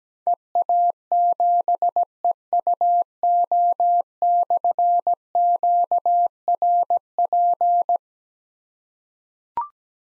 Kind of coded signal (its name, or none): Morse code